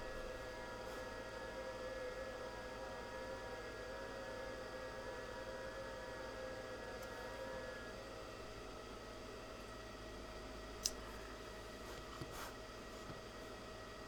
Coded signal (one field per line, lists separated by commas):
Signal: FT8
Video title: dx on 10m ham radio this morning. testing the streaming setup